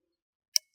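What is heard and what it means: A Really Right Stuff tripod leg is pushed further down until its angle-lock detent in the tripod spider clicks into the lowest angle slot. A single sharp, bright click sounds at 0.6 s against otherwise near silence. The leg is seated in the bottom angle position.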